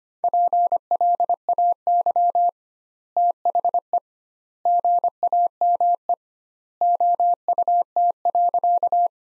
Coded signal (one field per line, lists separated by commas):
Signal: Morse code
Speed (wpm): 25 wpm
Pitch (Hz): 700 Hz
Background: none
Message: PLAY THE GAME OUT.